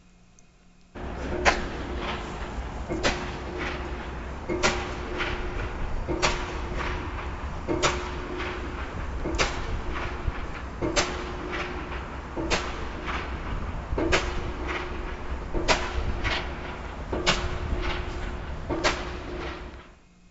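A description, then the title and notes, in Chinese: Construction work: after a second of quiet, a machine starts up and sharp, loud knocks land at a steady beat, about every one and a half seconds. Between the knocks, a steady mid-pitched hum runs over a constant low rumble until the end. 施工中。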